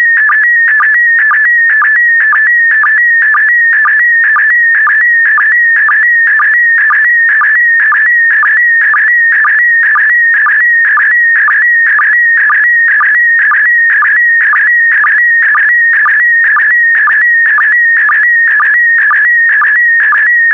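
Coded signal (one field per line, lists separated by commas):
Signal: SSTV (slow-scan television)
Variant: PD120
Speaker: complete you can now check your decoded image against the picture that is shown on the video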